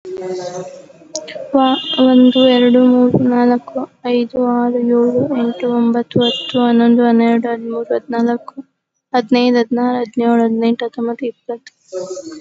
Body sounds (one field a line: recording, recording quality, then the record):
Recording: counting at a normal pace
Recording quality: excellent, no background noise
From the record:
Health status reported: COVID-19 positive, no symptoms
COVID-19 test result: positive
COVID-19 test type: RT-PCR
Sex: female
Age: 22 years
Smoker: no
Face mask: not worn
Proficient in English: yes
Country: India